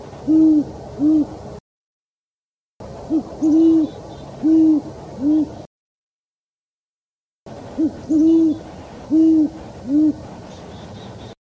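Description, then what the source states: Great horned owl giving low, muffled hoots in short runs of two or three notes, separated by pauses. Played as a mystery sound; described as a big bird and formidable predator that lives everywhere in North America.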